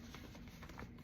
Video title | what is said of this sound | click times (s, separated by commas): Assembling the Samsung g30 Oddesey 27 inch monitor | okay there's like click | 0.8 s